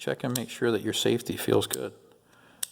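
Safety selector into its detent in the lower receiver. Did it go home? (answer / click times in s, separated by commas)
yes / 2.6 s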